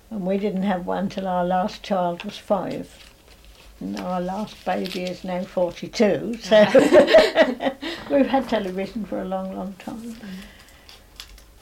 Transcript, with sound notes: And we didn't have one till our last child was five. And now our last baby is now forty-two! So! [laughs] We've had television for a long long time.
Mhm.